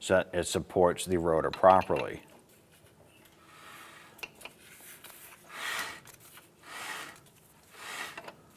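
Someone talks while the spindle nut is snugged on the front hub and rotor of a 1994-2004 Chevy S10, drawing the inner and outer tapered wheel bearings into their races on the spindle so it supports the rotor properly. After the talking, soft rubbing and turning sounds swell and fade, with brief sharp ticks near 4.2, 4.5, 8.2 and 8.3 seconds. Nothing has seated yet when the clip ends.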